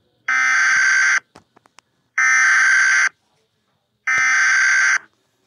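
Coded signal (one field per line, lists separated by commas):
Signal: Emergency Alert System (SAME) tones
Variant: header bursts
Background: speech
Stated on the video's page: Fictional scenario alert, not a real broadcast.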